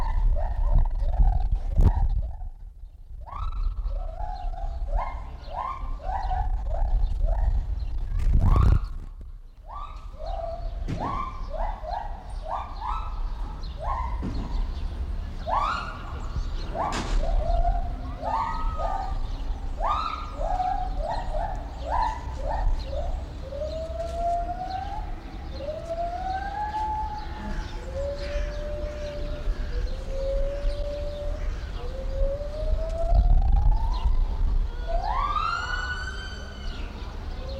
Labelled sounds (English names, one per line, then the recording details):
Lar Gibbon
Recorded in captivity
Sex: female
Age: adult
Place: Zoo Berlin, Berlin, DE
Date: 1994-04-02 10:02
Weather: wolkig bis heiter, 8-10°C
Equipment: Marantz CP 430, Sennheiser ME 80, Kopie Uher Variocord 263
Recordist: Tembrock, Günter